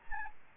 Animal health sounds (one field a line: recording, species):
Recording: mosquito wingbeat signal from an infrared sensor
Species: Aedes albopictus